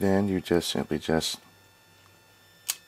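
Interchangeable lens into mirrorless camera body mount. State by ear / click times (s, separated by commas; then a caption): seated / 2.7 s. A Panasonic G85 mirrorless camera body gets an interchangeable lens: the red dot on the lens is lined up with the red dot on the body and the lens is twisted onto the mount. Someone talks, then after a short quiet a single sharp click sounds at 2.7 s as the lens locks in place.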